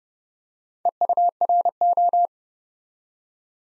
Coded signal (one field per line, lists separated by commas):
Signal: Morse code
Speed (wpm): 30 wpm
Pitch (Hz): 700 Hz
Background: none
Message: EURO